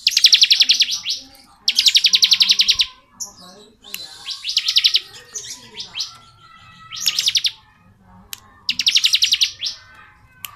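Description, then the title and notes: Bar-winged prinia song of short, harsh rattling trills separated by pauses, softer chirps and twitters filling the gaps. Bar-winged prinia in the "ngebren" song style, used as training audio for white-rumped shamas (murai batu). "Ciblek Ngebren Untuk Masteran Murai Batu. Suara burung ciblek - Suara Nada"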